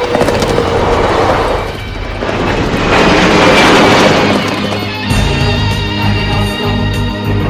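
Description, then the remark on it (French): A large civil airplane passes overhead with a loud, rumbling roar that swells to a peak and then settles into a steady droning hum with a thin engine whine. No one speaks. “Imaginez ce cavalier revêtu de sa cuirasse, galoper le long de nos routes, tandis qu'au-dessus de lui passe un gros avion civil.”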